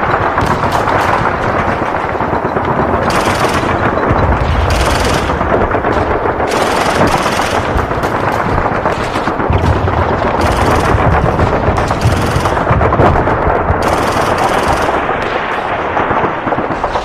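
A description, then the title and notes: Warzone gunfire and explosions roar continuously, with dense rattling bursts and bright crackling flares recurring every second or two over a deep rumble. Warzone Explosions.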